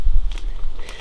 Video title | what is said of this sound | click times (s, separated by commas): RougePak Disposable Hydration Bladder Gear Review | This kind of just snaps in place over it, | 0.3 s, 0.4 s